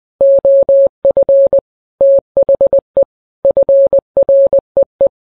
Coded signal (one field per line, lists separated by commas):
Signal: Morse code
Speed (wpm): 20 wpm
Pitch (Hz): 550 Hz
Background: none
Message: OF THE FREE